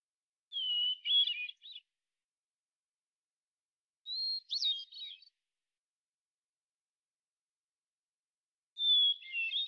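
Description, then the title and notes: Hermit thrush song, three phrases spaced several seconds apart, each a long whistled note then a fast cascade of fluty notes at varying pitch, the last cut off at the end; otherwise silent. Single individual in Washington, Pacific Northwest, United States; song sequence isolated from original recording at natural pace and rhythm, ending with examples of eight basic phonemes and variants. "BIRDSong Thrushes And Allies - Hermit Thrush. Hermit Thrush, Catharus guttatus, individual performance, song sequence with an end block of example 8 basic phonemes and variants, isolated from original, natural pace and rhythm maintained Recorded in the beautiful Pacific Northwest, Washington, United States"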